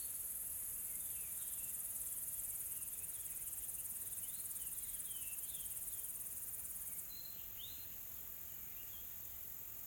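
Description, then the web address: Insect chorus forms a bright, even high-pitched hiss throughout, with scattered soft bird chirps and slurred notes underneath. Calm, soft insects in a tropical forest ambience in South Africa. "Sonniss com - GDC 2020-Game Audio Bundle Smart Sound FX - Nature South Africa AMBIENCE Additional Tropical Forest Soft Insects Calm"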